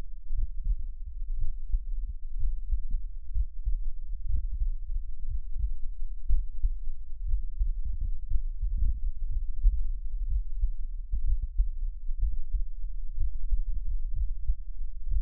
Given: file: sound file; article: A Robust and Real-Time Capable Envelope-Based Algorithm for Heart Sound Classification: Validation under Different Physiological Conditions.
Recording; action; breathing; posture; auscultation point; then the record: heart sounds by electronic stethoscope; rest; normal; lying on back; Erb’s point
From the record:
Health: healthy, no known heart disease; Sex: male